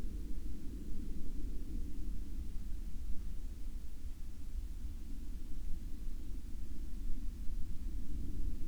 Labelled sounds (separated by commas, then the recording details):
aircraft
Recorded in the Prudhoe Bay oil fields, Alaska, on 13 July 2019 at 06:33
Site 14